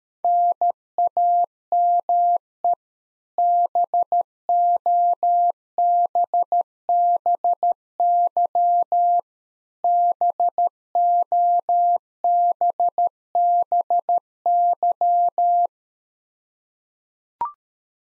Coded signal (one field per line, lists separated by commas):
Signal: Morse code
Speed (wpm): 13 wpm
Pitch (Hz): 700 Hz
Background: none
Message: NAME BOBBY BOBBY